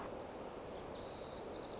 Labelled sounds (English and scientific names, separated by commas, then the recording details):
White-crowned Sparrow (Zonotrichia leucophrys)
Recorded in Sonoma County, California